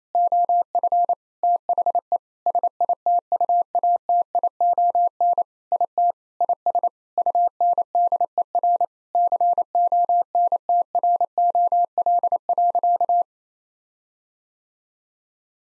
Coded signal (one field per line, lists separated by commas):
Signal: Morse code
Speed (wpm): 27 wpm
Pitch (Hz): 700 Hz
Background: none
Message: OF THE SITUATION IT IS UNDER CONTROL.